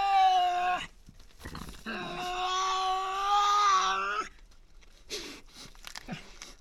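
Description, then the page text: Tasmanian devil wailing calls: a short whining cry, then a longer strained wail of about two seconds, followed by softer scuffling noises. Resident devils in an enclosure at the Devils@Cradle conservation facility, Cradle Mountain, Tasmania, 24 October 2007. "Birdsong for the Curious Naturalist. Tasmanian devil. Inside an enclosure at the world-class conservation facility at Cradle Mountain, Tasmania"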